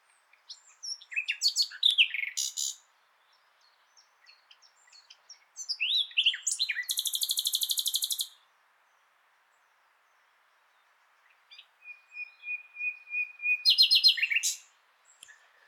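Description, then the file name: Common nightingale singing varied phrases: chattering notes, a fast high buzzy trill, a long level whistle and a final rapid rattle, with a long quiet gap before the last phrase. "Luscinia megarhynchos"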